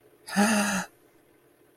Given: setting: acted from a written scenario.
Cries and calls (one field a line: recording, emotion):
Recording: vocal sound without words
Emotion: adoration